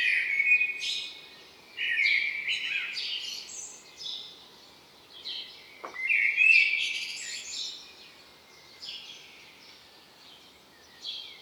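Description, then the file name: Common blackbird song: warbled phrases with high scratchy twitters, repeated a few times, with a brief sharp click near the middle and light background noise. "Turdus merula"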